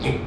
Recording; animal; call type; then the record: contact call of a hoofed animal; pig; closed-mouth grunt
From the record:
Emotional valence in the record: positive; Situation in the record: food and toys in familiar pen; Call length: 0.27 s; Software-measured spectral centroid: 1910 Hz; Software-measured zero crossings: 1470 a second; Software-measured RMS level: -24 dBFS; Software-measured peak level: -8 dBFS